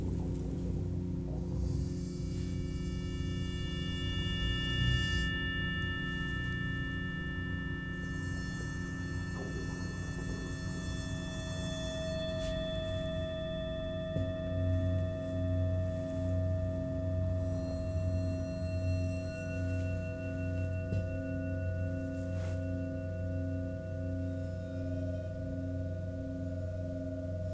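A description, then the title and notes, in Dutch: Singing bowls ring with long, sustained pure tones layered over a deep, steady hum, several pitches sounding at once and some pulsing with a slow wobble. New strikes enter around 2, 8 and 14 seconds, adding a bright shimmering wash above the ringing that fades slowly. Klankschalen.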